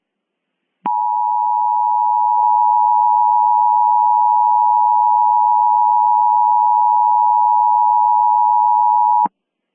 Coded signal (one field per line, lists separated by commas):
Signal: Emergency Alert System (SAME) tones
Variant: 853 and 960 Hz attention tone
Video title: EAS Mock: Retaliation: The fall of predators